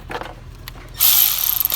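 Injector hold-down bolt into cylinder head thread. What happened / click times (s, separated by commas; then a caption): The bolt thread stripped under the ratchet / 1.5 s, 1.6 s. A ratchet tightens a 6.0 injector hold-down bolt into the cylinder head thread toward about 10 ft-lb. After a quiet stretch with faint ticks, a loud broadband grinding rasp starts at about 1.0 s, with ratchet clicks at 1.5 s and 1.7 s. The bolt thread then gives way and strips.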